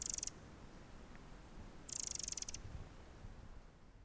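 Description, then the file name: Eurasian wren giving two short, high, ticking rattles, the second longer, over a steady low background hiss. "Troglodytes troglodytes"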